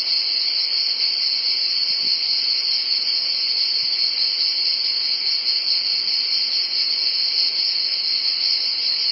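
Cicadas in one high, continuous buzzing drone that never varies throughout.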